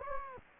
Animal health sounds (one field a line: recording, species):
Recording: mosquito wingbeat signal from an infrared sensor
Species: Anopheles gambiae